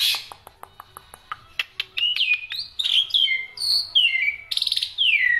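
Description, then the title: Black-winged myna song opening with spaced dry clicks, building into loud descending whistles and buzzy slurred phrases. Dense, varied song with many variations, used as a tutor recording for training songbirds. "Kicauan Rapat Jalak Putih Gacor Banyak Variasi Untuk Masteran"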